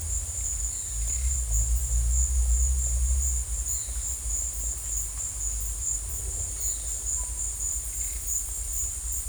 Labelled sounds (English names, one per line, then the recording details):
none
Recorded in secondary vegetation near Puerto Asís, Putumayo, Colombia, on 16 December 2024 at 13:00
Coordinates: 0.481, -76.318
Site G042